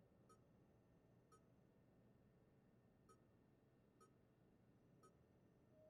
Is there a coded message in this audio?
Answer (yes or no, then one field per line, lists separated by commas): no